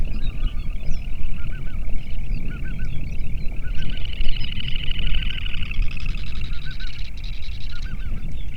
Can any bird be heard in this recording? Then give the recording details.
yes. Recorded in the Prudhoe Bay oil fields, Alaska, on 8 June 2019 at 05:29. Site 30